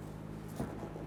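A plastic headlamp assembly on a 1994–2004 Ford Mustang is handled with its pins lined up against the mounting bracket, ready to be pushed evenly straight back. A steady low hum runs through, with a brief soft bump near 0.6 s. Nothing has seated or clicked yet.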